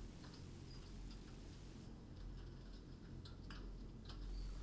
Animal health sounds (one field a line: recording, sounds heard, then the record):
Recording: poultry house recording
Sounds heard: no chicken sound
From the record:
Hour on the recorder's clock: 21